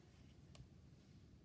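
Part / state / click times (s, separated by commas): thread knot into bead hole/thread space / seated / 0.5 s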